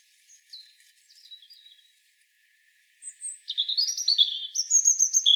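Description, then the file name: European robin singing thin, high whistled notes that slide downward, then a louder burst of bright, tumbling warbled phrases climbing and falling in pitch. "Erithacus rubecula"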